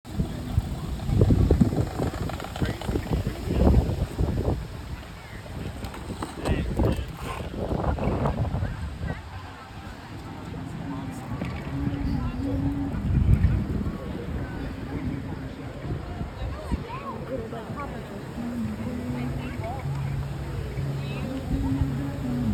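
A breezy day on the Atlanta Beltline: people talk throughout while gusts buffet the microphone in low rumbling bursts, strongest early and around thirteen seconds.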